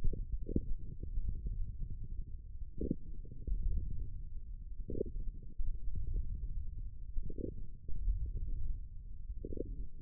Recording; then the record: forearm muscle sounds (acoustic myography)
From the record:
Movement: wrist flexion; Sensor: system 1, eight BSWA MPA416 microphones around the upper forearm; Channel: 3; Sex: male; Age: 18 years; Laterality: right